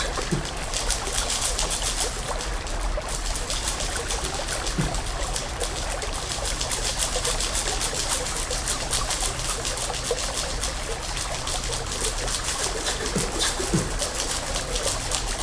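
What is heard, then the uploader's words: Water trickles and dribbles in a dense, steady wash, with crisp rapid ticks across the upper range. A low hum runs underneath, and faint soft thumps surface now and then, near the five- and thirteen-second marks. Loudness barely shifts throughout. Water.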